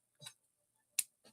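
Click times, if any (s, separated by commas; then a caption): 1.0 s. Two plastic accessory pieces for an action figure are pegged into each other, giving a sharp, bright snap at 1.0 s as they seat together. Softer plastic handling clicks come just before, around 0.2–0.3 s, and again near 1.3 s.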